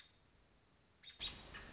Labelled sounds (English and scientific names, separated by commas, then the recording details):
American Robin (Turdus migratorius)
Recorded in Sonoma County, California